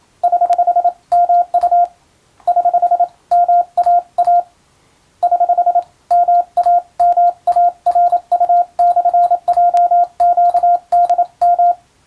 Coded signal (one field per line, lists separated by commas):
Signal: Morse code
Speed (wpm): 27 wpm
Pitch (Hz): 700 Hz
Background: radio noise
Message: <HH> MU <HH> MAA <HH> MAMARU/JQDM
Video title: 船舶通信士が打つ欧文無線電報！無線通信士の国家試験の練習です。今でも電気通信術と言うモールスの実技試験があります。アマチュア無線の受信トレーニングにどうぞ morse code practice